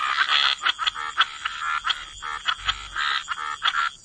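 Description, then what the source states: Frogs calling in short, rapid bursts of rasping croaks that start and stop irregularly over a steady high tone. Frog chorus.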